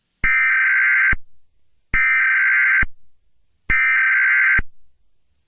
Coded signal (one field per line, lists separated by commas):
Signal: Emergency Alert System (SAME) tones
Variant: header bursts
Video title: Eas Scenario #2: The Californian Zombie Apocalypse